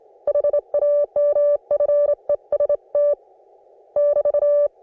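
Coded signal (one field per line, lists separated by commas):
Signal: Morse code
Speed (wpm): 24 wpm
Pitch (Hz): 580 Hz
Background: music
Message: HAMFEST <BT>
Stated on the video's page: On-the-air CW practice received on an Icom IC-718, including a station on a new 80m antenna and code messages from a Sunday morning group.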